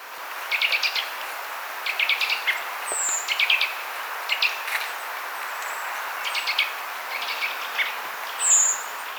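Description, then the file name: Eurasian nuthatch giving quick clusters of sharp, clicky notes, repeated every second or so, against a loud steady hiss. "Sitta europaea"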